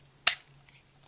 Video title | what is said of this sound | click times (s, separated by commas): How to Field Strip: Colt S.A.A. (disassembly & reassembly) | until it clicks and it is snapped in Place. | 0.3 s